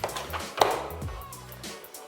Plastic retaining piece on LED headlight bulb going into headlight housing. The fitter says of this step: that's locked into place that cable is gonna be pretty much there